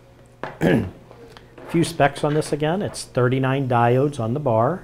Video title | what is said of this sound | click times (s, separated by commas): etrailer - A Closer Look at the Vision X Xmitter Low Pro Xtreme Off-Road LED Light Bar | it and makes it weatherproof, and then it clicks and locks into place. | 0.4 s